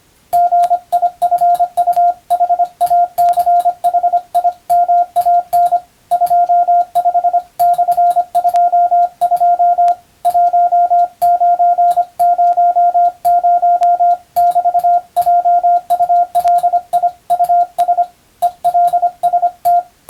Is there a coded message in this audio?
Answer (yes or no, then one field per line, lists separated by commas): yes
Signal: Morse code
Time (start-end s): 0.3-19.8 s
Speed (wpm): 25 wpm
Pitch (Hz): 700 Hz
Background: radio noise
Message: GIFUHACHIMAN 25/22 1900<BT>JULIUS ELST